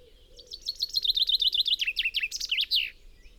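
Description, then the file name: Common chaffinch song, a rattling cascade of quick notes descending in pitch and closing with a sharp accented ending flourish. "Fringilla coelebs"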